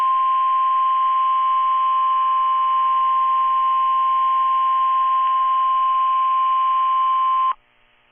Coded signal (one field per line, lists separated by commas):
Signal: Emergency Alert System (SAME) tones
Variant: 1050 Hz attention tone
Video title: NWR RWTs because it’s Wednesday (EAS #1018-#1027)